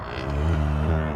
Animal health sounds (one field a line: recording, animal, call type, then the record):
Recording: contact call of a hoofed animal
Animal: cattle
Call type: low-frequency (closed-mouth) or high-frequency (open-mouth) call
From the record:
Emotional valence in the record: negative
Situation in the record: physical separation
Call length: 1.16 s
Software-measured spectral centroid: 1330 Hz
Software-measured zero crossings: 880 a second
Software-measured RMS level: -24 dBFS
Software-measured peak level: -13 dBFS